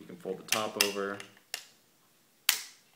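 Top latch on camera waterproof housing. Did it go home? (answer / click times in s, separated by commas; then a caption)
yes / 2.5 s. The top latch on the plastic waterproof housing of a GoPro HD Hero2 camera is folded over and snapped shut. Someone talks over the first second, a softer tap comes at 1.5 s, and then the latch closes with a loud, sharp snap at 2.5 s. The snap rings off briefly, and the latch is seated.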